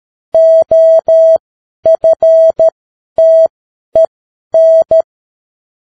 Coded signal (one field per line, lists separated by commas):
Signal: Morse code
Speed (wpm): 13 wpm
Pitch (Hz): 650 Hz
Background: none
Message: OFTEN